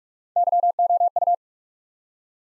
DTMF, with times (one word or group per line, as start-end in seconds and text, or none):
none